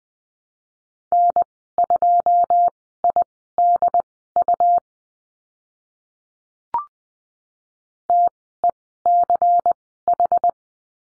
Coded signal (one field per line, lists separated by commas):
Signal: Morse code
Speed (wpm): 20 wpm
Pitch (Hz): 700 Hz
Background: none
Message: N2IDU TECH